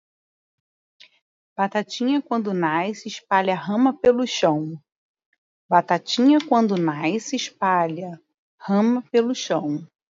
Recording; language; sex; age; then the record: short text; Brazilian Portuguese; female; 40 to 49 years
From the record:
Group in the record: control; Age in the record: 42 years